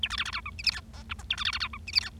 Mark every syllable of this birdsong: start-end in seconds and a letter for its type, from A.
0.03-0.08 A, 0.10-0.16 B, 0.17-0.24 C, 0.25-0.31 C, 0.33-0.40 D, 0.46-0.50 E, 0.58-0.62 F, 0.64-0.70 G, 0.71-0.80 H, 0.94-1.03 I, 1.09-1.13 J, 1.19-1.22 K, 1.30-1.35 A, 1.37-1.44 B, 1.45-1.51 C, 1.53-1.58 C, 1.60-1.68 D, 1.73-1.78 E, 1.87-1.91 F, 1.93-2.00 G, 2.01-2.10 H